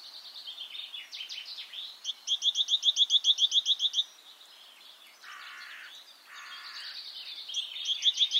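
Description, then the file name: Great tit calls: a rapid two-second series of sharp repeated notes, then a pause with two short lower bursts, then the series begins again. "Parus major"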